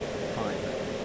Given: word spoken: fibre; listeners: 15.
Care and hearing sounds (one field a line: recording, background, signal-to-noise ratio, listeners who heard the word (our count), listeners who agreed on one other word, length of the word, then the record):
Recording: one English word in noise, from a listening test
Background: speech-shaped noise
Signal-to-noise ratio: -4.1 dB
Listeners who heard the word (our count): 2 of 15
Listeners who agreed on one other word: 6 of 15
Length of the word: 0.65 s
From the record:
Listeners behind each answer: 6, 2, 1, 1, 1, 1, 1, 1, 1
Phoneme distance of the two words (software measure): 27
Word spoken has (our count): 2 syllables, 4 phonemes, stress on syllable 1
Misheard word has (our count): 1 syllable, 3 phonemes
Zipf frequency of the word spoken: 3.69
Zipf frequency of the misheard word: 4.26